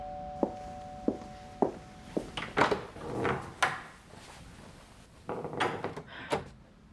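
A door is handled and opened: sharp wooden clicks and thunks arrive in a loose sequence, with scraping and rustling between them and a faint steady tone in the first seconds. No one speaks.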